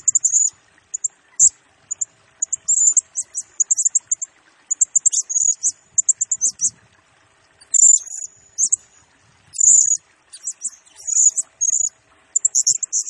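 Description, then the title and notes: Blue-crowned hanging parrot song, dense runs of piercing high chirps and trills, pausing briefly before resuming in rapid series. Masteran lure and training song of a Serindit singing actively in rapid-fire 'nembak' style, used to train and attract other birds, said to stir up all birds. "Burung Serindit Nembak Gacor Bikin Emosi Semua Burung. Suara Nasteran Dan Pemikat Burung Serinditan Gacor"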